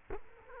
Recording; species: mosquito wingbeat signal from an infrared sensor; Culex quinquefasciatus